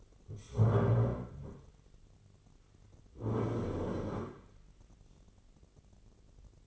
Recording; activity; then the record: daily activity, microphone in the room; stand up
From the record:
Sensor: 4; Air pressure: 1010.1 hPa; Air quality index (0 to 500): 181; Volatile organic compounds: 2 ppm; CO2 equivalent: 1310 ppm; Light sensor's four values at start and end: 43/105/44/48 and 43/104/44/47